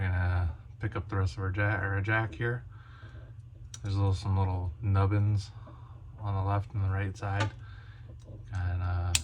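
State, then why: Seated. Someone talks while lining up the small nubs on the left and right of a plastic cap and pressing it onto a Trendnet punch-down network keystone jack body. A sharp click is heard at 9.2 s as the cap snaps on and seats.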